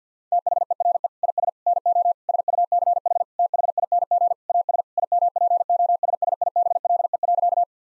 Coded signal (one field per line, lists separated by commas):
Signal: Morse code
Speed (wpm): 50 wpm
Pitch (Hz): 700 Hz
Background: none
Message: THERE IS NO SUCH THING AS IMPOSSIBLE.